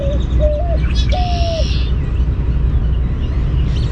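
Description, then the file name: White-winged dove cooing: short hollow notes followed by a longer drawn-out coo, over heavy low rumbling noise throughout. Advertising coo. "WWDO-Advertising Coo"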